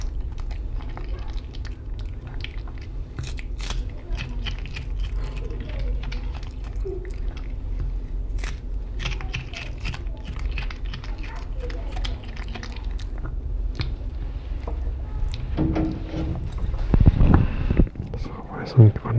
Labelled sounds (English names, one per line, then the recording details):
Silvery Javan Gibbon
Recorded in captivity
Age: adult
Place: Zoo Rostock, Mecklenburg-Vorpommern, DE
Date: 1972-10-11
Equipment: Uher 4200 Report Monitor, Verstärker, Sennheiser MD 421
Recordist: Tembrock, Günter